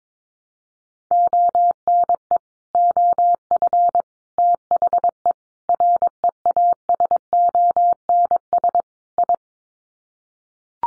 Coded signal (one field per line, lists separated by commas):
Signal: Morse code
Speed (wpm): 22 wpm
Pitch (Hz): 700 Hz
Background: none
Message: ONE OF THE REASONS I